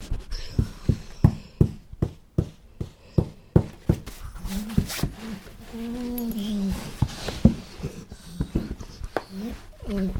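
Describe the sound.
Dog giving a fast run of short, low, clipped barks or huffs for about five seconds, then drawn-out tonal whines rising and falling, with a few further sharp barks near the end.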